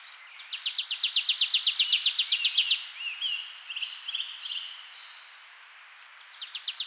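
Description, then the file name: Marsh tit giving a fast, even rattle of sharp, high notes for about two seconds, followed by softer chirps and a second rapid burst at the end. "Poecile palustris"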